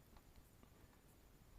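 A crimped contact pin is fed up through the hole of a plastic solar panel connector housing, ahead of being pushed home to a snap. Only faint handling rustle and a few soft, scattered taps sit over a low, steady background noise. Nothing has seated or clicked yet.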